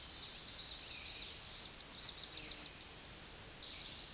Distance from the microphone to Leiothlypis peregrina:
about 15 m